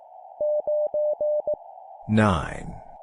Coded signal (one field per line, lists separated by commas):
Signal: Morse code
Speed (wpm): 18 wpm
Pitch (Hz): 600 Hz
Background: speech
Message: 9E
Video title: 17wpm Random Numbers plus human voice, morse code practice